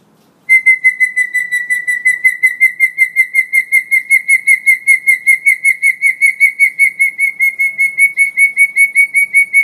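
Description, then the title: Hill myna repeating one bright whistled note in a long, rapid, steady series that continues to the end. Energetic 'gacor' singing myna; recording intended as a master tutor track for training birds. "Suara Burung Beo Gacor Cocok Untuk Masteran"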